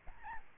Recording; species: mosquito wingbeat signal from an infrared sensor; Aedes albopictus